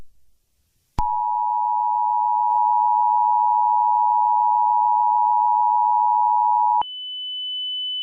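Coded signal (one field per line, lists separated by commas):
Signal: Emergency Alert System (SAME) tones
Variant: 853 and 960 Hz attention tone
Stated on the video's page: Fictional EAS scenario based on a game.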